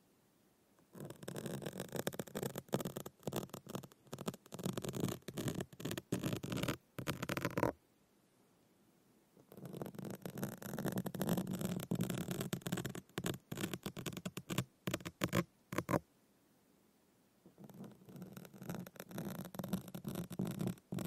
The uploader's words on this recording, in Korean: 스크래치 소리 scratching sound. 손으로 마이크 긁는소리.